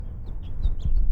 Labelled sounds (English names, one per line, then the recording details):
House Finch song
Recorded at North Valley Stream on Long Island, New York, on 17 June 1975
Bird D